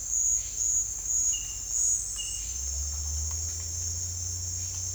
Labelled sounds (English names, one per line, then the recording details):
none
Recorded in dense forest near Puerto Asís, Putumayo, Colombia, on 16 December 2024 at 07:30
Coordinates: 0.466, -76.327
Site G075